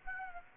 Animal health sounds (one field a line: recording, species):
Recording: mosquito wingbeat signal from an infrared sensor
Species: Aedes aegypti